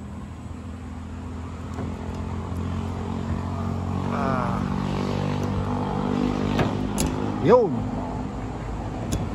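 A replacement part on an Isuzu Crosswind, possibly a Denso-made component, is taken out and then pushed back into its housing over steady low engine hum while someone talks. A sharp click at 9.1 s marks the part locking into place, seated.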